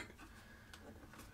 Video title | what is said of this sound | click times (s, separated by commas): Philips Norelco 9500 Review - How To Use The Philips Quick Clean Pod | so as soon as it clicks you can just barely hear it it's tight | 0.7 s